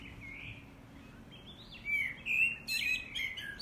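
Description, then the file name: Common blackbird with a soft whistle, then a richer fluted phrase followed by bright, scratchy high-pitched twittering notes. "Turdus merula"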